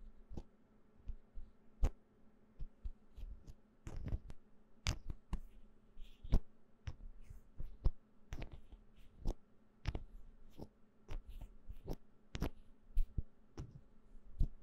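Bottles and jars knock, tap and scrape in quick irregular bursts, sharp clicks scattered over a low steady hum throughout.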